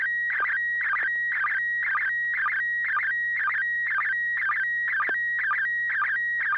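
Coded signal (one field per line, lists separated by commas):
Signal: SSTV (slow-scan television)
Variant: PD120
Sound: steady warbling tone with rhythmic ticking chirps about twice per second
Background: low electrical hum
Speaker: Yes, you have tone now. Over. PD 120.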